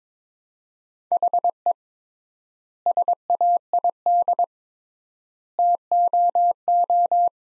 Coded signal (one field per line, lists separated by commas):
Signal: Morse code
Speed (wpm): 22 wpm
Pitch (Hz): 700 Hz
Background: none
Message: HE SAID TOO